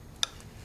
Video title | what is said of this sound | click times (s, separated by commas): 2014 Camaro V6 Spark Plug Change | hear it click there | 0.2 s